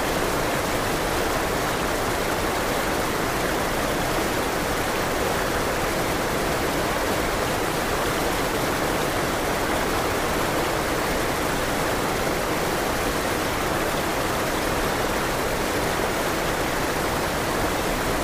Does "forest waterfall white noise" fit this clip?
yes